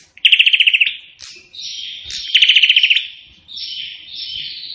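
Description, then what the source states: Prinia: two quick rattling bursts of sharp notes interspersed with long, high, buzzy wheezing notes. Indonesian name prenjak; described as gacor, singing persistently; song style called suara tembakan AK-47, AK-47 gunfire sound.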